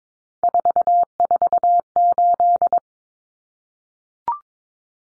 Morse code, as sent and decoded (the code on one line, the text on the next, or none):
....- ....- ---..
448